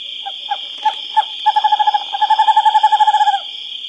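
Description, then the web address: Western screech-owl song: a few spaced low hoots, then a rapid even trill of hoots lasting about two seconds, with a steady high whine behind. Recorded in North America. "Songs of Birds of North America Stokes. Western Screech-Owl"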